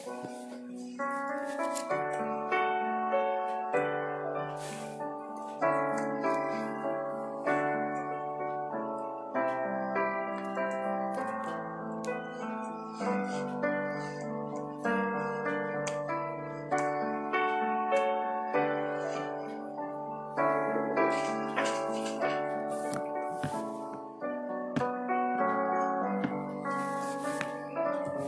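Soft piano music plays steadily with sustained chords and a gentle melody, overlaid by faint scratchy taps and occasional soft page flips.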